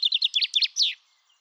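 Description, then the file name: Common chaffinch song fragment: a quick series of chipping notes ending in a slurred downward flourish, lasting about one second. "Fringilla coelebs"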